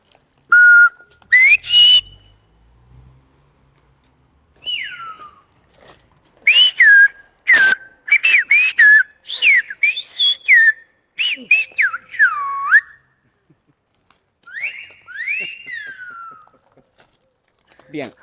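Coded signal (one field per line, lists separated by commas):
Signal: whistled language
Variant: Silbo Gomero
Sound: loud piercing whistles rising and falling in pitch, phrased like speech, with brief pauses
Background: wind or handling noise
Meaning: Mary, the first beer is on him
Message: Mary, la primera cervecita invita a él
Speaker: Me dijo, bueno, primero me llamó, me dijo a Mary y me dijo que la primera cervecita invita a él.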